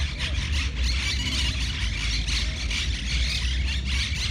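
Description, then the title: Monk parakeets giving harsh, raspy squawks in quick overlapping bursts, with a deep rumble of traffic underneath. Several parakeets recorded in a city park in Barcelona, Spain, on 20 September 2019. "MONK-PARAKEETS-PARC-DE-LA-CIUTADELLA-BARCELONA-20-SEP-2019"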